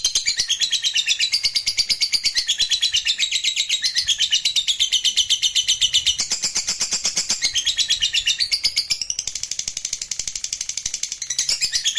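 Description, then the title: Lovebird song of continuous fast twittering chatter, harsh and high, varying slightly in tone but never stopping. Fighter-type lovebird singing energetically, described as gacor. "SUARA Lovebird FIGHTER GACOR"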